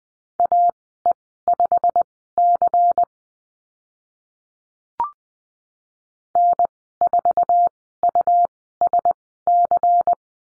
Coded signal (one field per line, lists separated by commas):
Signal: Morse code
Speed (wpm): 20 wpm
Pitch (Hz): 700 Hz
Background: none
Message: AE5C N4USC